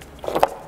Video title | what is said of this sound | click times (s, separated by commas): DELETE - V.4 LED Bulbs in the 14-17 Toyota Tundra - Headlight Revolution | click the bulb into place in the headlight. | 0.4 s